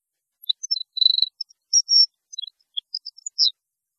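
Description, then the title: European goldfinch twittering: scattered high chirps and short trilled notes, broken into separate sounds. "Chant Chardonneret"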